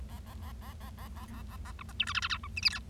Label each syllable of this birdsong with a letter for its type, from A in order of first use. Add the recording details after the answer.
A A A A A A A A A A B C D E F F G H I J K. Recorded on 25 March 2012 at 20:15. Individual gy6or6